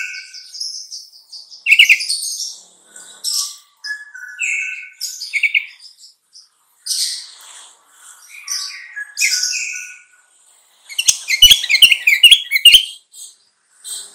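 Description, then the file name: Sooty-headed bulbul song: varied short whistles and chirps in quick bursts, then a run of sharp clicking chatter near the end. Song labelled as kutilang trucukan. "suara kutilang trucukan"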